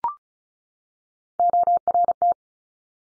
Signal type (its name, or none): Morse code